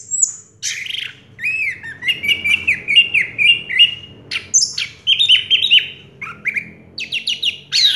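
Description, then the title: Orange-headed thrush song: a fast run of varied high whistles, slurred notes and trills. Recording played to coax a silent orange-headed thrush into singing. "Anis Merah Macet.. Pancing Dengan Suara Ini.. 100 Ampuh. # Anis Merah"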